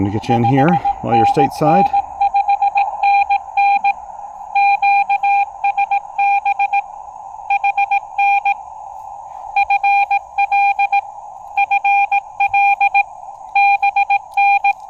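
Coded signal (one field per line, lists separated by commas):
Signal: Morse code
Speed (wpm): 19 wpm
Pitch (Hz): 800 Hz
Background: speech, radio noise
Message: 5NN 5NN QSB HN FL FL BN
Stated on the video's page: POTA park activation on a Xiegu X6200 with its internal keyer, a BaMaKeY TP-III paddle and a PackTenna 9:1 random wire antenna.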